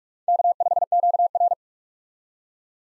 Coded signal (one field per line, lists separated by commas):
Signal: Morse code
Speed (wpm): 43 wpm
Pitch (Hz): 700 Hz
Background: none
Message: K5QR